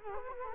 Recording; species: mosquito wingbeat signal from an infrared sensor; Culex quinquefasciatus